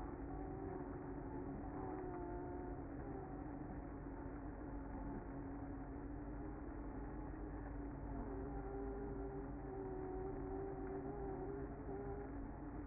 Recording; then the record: honeybee colony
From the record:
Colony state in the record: active